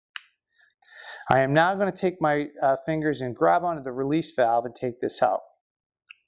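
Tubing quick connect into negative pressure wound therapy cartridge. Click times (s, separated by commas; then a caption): 0.2 s. A plastic tubing quick connect, held by its middle, is pushed into the 125 cartridge of a 3M Snap Therapy negative pressure wound therapy system, and it seats with a sharp click at 0.2 s. Someone then talks, and a faint tick is heard near 6.1 s.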